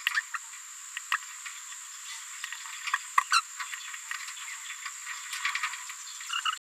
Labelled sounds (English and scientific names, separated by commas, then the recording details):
Green-rumped Parrotlet (Forpus passerinus) babbling
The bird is a female
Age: 26 days
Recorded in a nest box in Venezuela
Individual 17B73B3